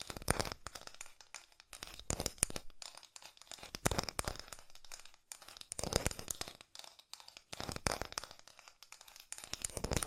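Fast tapping in dense irregular bursts with crisp crinkly edges, pausing briefly near four, six and eight seconds.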